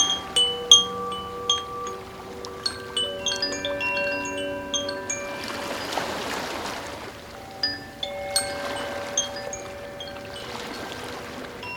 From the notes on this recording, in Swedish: sound healing skålar samt olika ljud från naturen